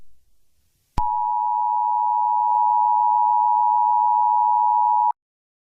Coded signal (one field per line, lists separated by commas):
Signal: Emergency Alert System (SAME) tones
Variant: 853 and 960 Hz attention tone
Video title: Eas scenario: Texan super storm